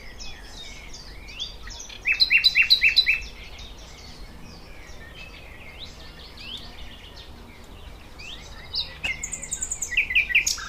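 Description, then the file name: Thrush nightingale song with a rhythmic phrase of about eight loud repeated notes, quieter varied twitters between, and another quick repeated series near the end. "Sprosser"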